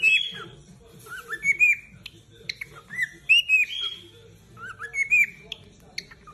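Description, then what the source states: Cockatiel whistled song: short clear whistled phrases, some rising and some sliding, in several bursts with pauses between, over a low background hum. More than one cockatiel, singing and whistling.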